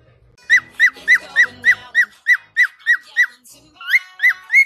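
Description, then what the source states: Cockatiel giving loud, downslurred whistled notes in a fast, even series, about three per second, with a short pause before a few more. Several cockatiels singing, whistling.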